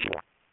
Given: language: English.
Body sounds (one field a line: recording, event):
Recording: throat vibration sensor signal played as sound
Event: swallow